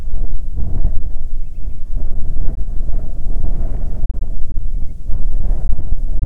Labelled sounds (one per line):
bird
wind